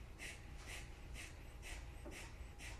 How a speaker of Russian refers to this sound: Хорошо, ну все, давайте пыхтим 3 минуты. Капалабхати, поехали.